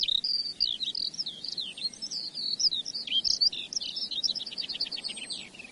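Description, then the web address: Eurasian skylark singing a fast, unbroken run of high twittering notes and buzzy trills, with a quick repeated rattle near the end, over a soft background hiss. "earth naturelibrary assets s sk skylark"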